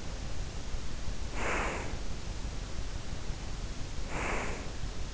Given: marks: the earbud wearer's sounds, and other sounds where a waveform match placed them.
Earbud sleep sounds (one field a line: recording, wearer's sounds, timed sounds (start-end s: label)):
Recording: sounds in sleep by an in-ear microphone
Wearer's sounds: breath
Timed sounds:
1.06-2.16 s: breath
3.89-4.93 s: breath